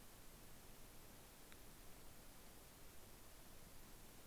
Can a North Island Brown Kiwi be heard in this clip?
no